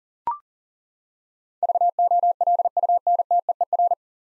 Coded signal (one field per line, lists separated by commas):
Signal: Morse code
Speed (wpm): 40 wpm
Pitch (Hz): 700 Hz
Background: none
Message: VOLUNTEER